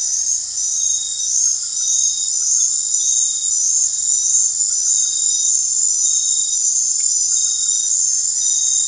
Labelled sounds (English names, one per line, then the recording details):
none
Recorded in dense forest near Puerto Asís, Putumayo, Colombia, on 16 December 2024 at 20:00
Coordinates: 0.468, -76.322
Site G071